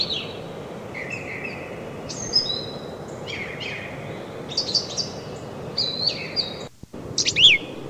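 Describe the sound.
Brown thrasher song with a run of varied whistled and buzzy phrases, some rising or falling, in a fast, changing sequence.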